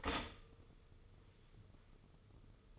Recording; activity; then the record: daily activity, microphone in the room; stop toaster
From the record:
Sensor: 4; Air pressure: 995.4 hPa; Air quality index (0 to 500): 215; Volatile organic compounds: 255 ppm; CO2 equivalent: 4374 ppm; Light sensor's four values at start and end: 27/82/32/34 and 25/77/29/31